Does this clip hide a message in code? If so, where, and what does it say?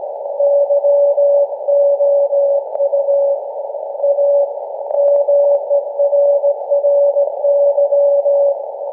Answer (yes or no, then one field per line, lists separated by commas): yes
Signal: Morse code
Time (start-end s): 0.4-8.5 s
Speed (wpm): 17 wpm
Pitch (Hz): 570 Hz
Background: none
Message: YOU A MERRY